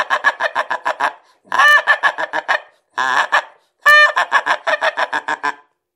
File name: серый-гусь